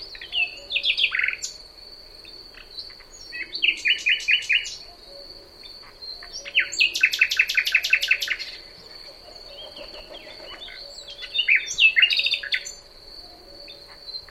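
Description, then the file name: Common nightingale song in varied bursts: rapid rattling trills, repeated chopped notes and whistles separated by short pauses, with a steady high insect buzz and low soft notes behind. "Luscinia megarhynchos"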